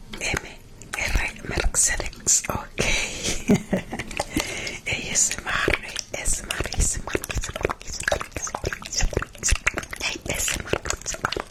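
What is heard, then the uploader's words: Close, wet mouth sounds fill the recording: quick clicks, smacks and tongue taps in a dense, fast, irregular stream with no pauses. The sounds are crisp and bright, sitting very near the microphone, with a faint hiss underneath throughout. Mouth Sounds.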